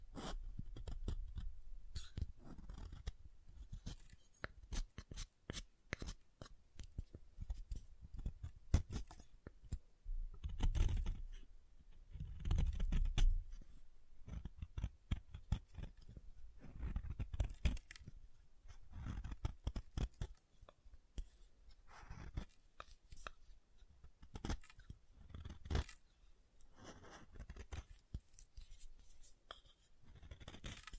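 Soap being tapped and carved, with dense, irregular crisp scrapes and clicks throughout, plus soft low thumps clustering around ten to eighteen seconds.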